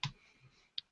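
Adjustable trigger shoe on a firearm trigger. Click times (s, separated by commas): 0.0 s, 0.8 s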